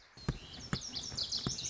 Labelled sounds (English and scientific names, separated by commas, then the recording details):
Lazuli Bunting (Passerina amoena)
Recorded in Sonoma County, California